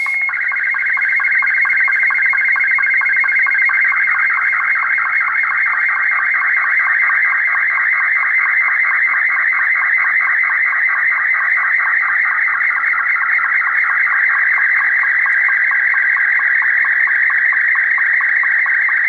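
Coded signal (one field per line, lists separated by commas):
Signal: SSTV (slow-scan television)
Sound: steady warbling tone wandering in pitch, with rapid regular ticking sync pulses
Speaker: what we're going to do now is begin a transmit an SS TV picture from the JC across the bench here and we'll see if we can receive your on the iPad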